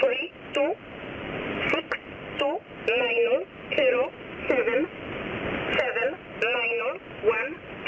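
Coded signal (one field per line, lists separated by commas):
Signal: numbers station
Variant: E11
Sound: a voice reading short evenly spaced words, like numbers, through shortwave hiss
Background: radio static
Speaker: seguimos con la Eco 11 la polish spine numbers puchali escuchada en 5844 kilos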